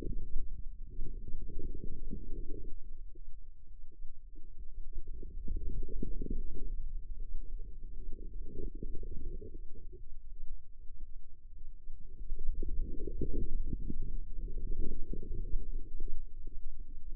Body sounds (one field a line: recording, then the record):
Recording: forearm muscle sounds (acoustic myography)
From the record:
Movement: inward rotation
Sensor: system 2, bracelet of six BSWA MPA416 microphones around the upper forearm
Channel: 1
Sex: female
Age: 25 years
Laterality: right